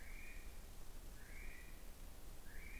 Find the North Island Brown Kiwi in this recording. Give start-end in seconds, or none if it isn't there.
0.00-2.80